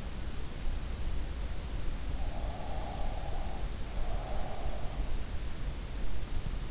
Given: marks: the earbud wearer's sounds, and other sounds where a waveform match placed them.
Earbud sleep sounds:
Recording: sounds in sleep by an in-ear microphone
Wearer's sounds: breath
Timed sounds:
2.27-4.46 s: breath

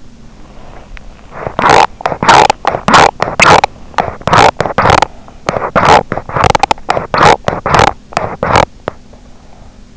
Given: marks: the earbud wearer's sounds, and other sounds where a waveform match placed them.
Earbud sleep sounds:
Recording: sounds in sleep by an in-ear microphone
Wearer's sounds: body movement, teeth grinding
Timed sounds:
0.00-1.39 s: body movement
1.27-9.21 s: teeth grinding

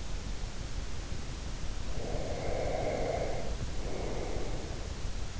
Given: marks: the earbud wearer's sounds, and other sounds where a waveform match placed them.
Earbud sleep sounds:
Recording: sounds in sleep by an in-ear microphone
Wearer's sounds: breath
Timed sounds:
1.95-4.99 s: breath

